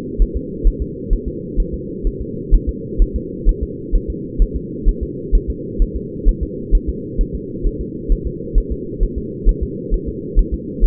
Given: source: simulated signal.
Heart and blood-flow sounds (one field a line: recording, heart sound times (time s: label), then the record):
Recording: fetal heart sounds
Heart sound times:
0.22 s: S1
0.37 s: S2
0.67 s: S1
0.82 s: S2
1.13 s: S1
1.28 s: S2
1.60 s: S1
1.74 s: S2
2.07 s: S1
2.21 s: S2
2.54 s: S1
2.69 s: S2
3.02 s: S1
3.16 s: S2
3.49 s: S1
3.63 s: S2
3.95 s: S1
4.10 s: S2
4.42 s: S1
4.56 s: S2
4.89 s: S1
5.03 s: S2
5.35 s: S1
5.50 s: S2
5.82 s: S1
5.96 s: S2
6.29 s: S1
6.43 s: S2
6.75 s: S1
6.89 s: S2
7.21 s: S1
7.35 s: S2
7.67 s: S1
7.81 s: S2
8.12 s: S1
8.27 s: S2
8.58 s: S1
8.72 s: S2
9.03 s: S1
9.18 s: S2
9.49 s: S1
9.63 s: S2
9.94 s: S1
10.08 s: S2
10.39 s: S1
10.54 s: S2
10.84 s: S1
From the record:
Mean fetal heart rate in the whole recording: 130 bpm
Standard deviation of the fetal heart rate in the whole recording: 2 bpm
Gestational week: 38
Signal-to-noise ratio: -4.1 dB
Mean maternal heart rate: no maternal heart sound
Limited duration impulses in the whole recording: absent